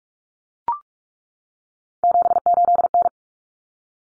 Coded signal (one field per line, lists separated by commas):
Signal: Morse code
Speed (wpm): 44 wpm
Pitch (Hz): 700 Hz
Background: none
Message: 78N